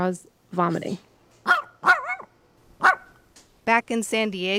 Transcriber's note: soundbite of dog barking